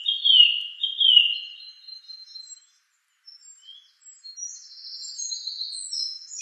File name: suara kicauan burung song thrush. omkicau